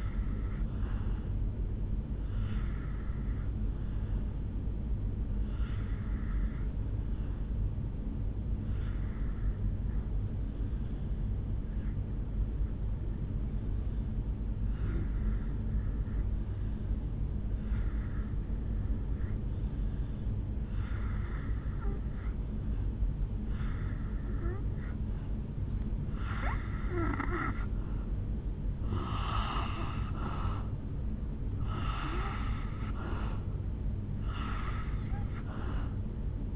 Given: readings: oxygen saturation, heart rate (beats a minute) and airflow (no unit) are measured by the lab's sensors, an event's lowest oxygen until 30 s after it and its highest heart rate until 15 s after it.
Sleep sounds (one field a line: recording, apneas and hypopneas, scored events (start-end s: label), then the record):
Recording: breathing in sleep by a smartphone at the bedside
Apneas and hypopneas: 1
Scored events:
6.00-28.30 s: hypopnea (N2, oxygen 92% highest, then 82% lowest, heart rate 64 at the start, 70 highest)
From the record:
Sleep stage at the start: N2 (light sleep)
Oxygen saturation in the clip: 82 to 92%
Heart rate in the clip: 59 to 70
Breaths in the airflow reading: 7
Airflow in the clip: -8.7 to 3.0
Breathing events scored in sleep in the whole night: 449 in 7.0 hours asleep